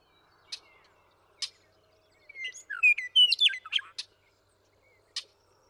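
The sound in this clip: Western meadowlark song: a single bright, bubbling phrase of slurred whistles between isolated sharp ticks.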